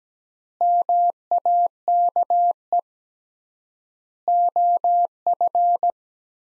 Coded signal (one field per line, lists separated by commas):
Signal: Morse code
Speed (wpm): 17 wpm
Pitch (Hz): 700 Hz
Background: none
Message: MAKE OF